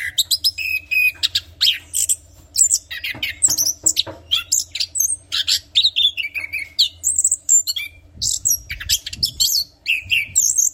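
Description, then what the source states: Orange-headed thrush in sustained song, a dense stream of varied whistles, clear slurred notes and quick trills delivered almost without pause over a faint low hum. Described as in full, vigorous song (Indonesian 'gacor ngeplong' style).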